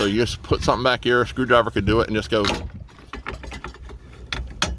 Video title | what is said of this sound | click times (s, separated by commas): Ford F-Series Sunroof Track Part 1: Track Removal | you hear it popping | 4.3 s, 4.6 s